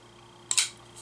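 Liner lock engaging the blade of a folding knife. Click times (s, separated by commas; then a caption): 0.5 s. A budget folding knife with a G10 handle is opened, and its liner lock engages the blade with a sharp, bright metallic click at 0.5 s, followed by a second snap right after that rings briefly before fading. The lock seats with a positive click.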